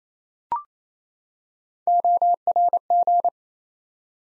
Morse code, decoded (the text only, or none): ORG